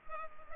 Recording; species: mosquito wingbeat signal from an infrared sensor; Culex pipiens